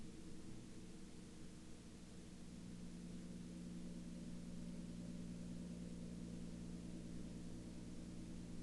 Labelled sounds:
man-made sound
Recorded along the Dempster Highway, Canada, on 28 April 2019 at 22:38
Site 16

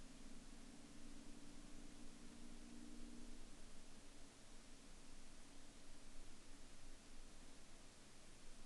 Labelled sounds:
man-made sound
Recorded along the Dempster Highway, Canada, on 25 September 2019 at 20:02
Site 15

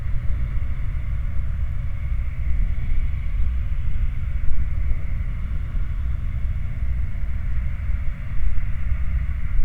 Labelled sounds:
machinery
flare stack
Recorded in the Prudhoe Bay oil fields, Alaska, on 11 July 2019 at 08:30
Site 29

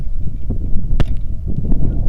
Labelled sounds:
wind
rain
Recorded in the Arctic National Wildlife Refuge, Alaska, on 3 August 2019 at 09:04
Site 46

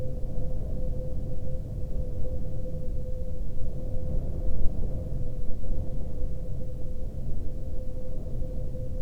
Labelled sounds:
man-made sound
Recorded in the Arctic National Wildlife Refuge, Alaska, on 16 May 2021 at 02:34
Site 46

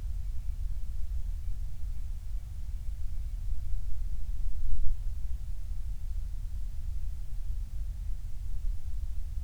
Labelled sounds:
near silence
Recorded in the Prudhoe Bay oil fields, Alaska, on 28 July 2019 at 05:39
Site 25

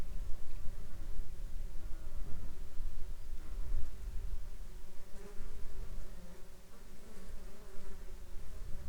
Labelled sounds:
insects
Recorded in the Arctic National Wildlife Refuge, Alaska, on 17 July 2021 at 11:34
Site 33

